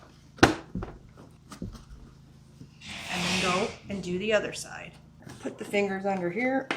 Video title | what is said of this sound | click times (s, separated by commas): How to Add Engine Coolant To CAN AM OUTLANDER | just going to pull up until you hear a little click. | 0.4 s